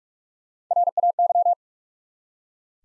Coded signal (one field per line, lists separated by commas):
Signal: Morse code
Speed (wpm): 46 wpm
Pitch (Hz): 700 Hz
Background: none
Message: RAY